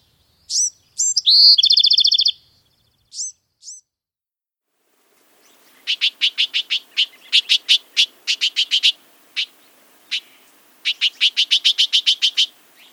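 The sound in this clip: Bewick's wren phrase with high notes and a fast buzzy trill, followed by long runs of rapid, rattling, evenly spaced notes in bursts.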